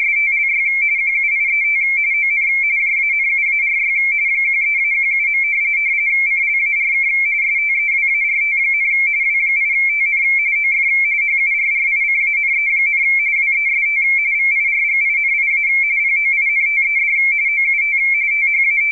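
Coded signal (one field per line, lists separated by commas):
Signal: RTTY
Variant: 170 Hz shift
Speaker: I'm uh printing out a bulletin from w1aw propagation forecast bulletin I have to shut up so it'll so the computer can read this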